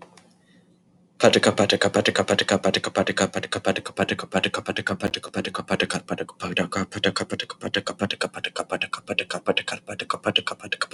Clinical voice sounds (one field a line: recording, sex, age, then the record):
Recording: repeated syllables /pa ta ka/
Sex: male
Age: 20 to 29 years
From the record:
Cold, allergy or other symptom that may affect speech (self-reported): no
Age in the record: 27 years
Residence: District of Columbia, United States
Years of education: 19